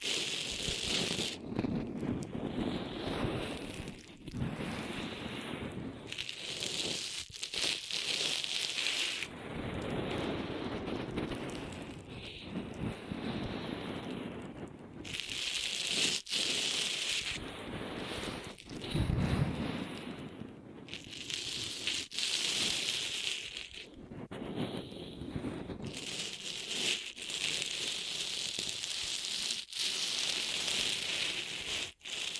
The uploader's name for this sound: Ear Massage Triggers